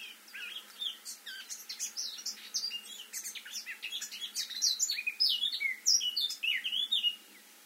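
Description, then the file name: Eurasian blackcap song, a rich, hurried warble that grows louder toward the end, with clear slurred whistles among the chattering notes. "Sylvia atricapilla"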